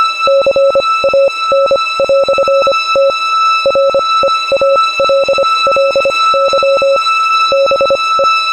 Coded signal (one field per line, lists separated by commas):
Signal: Morse code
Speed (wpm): 24 wpm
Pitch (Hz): 560 Hz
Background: none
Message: CAN"T REALLY BE